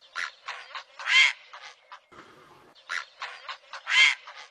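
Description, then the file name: Great blue heron delivering bursts of short raspy notes building to a louder harsh squawk, the same sequence heard twice. "Canto do garca azul grande"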